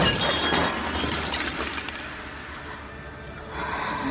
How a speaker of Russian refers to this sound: Дима смотрит на Полину, Полина роняет посуду.